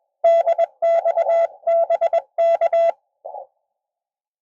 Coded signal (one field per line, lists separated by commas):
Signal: Morse code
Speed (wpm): 22 wpm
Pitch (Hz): 690 Hz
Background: none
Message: DX BK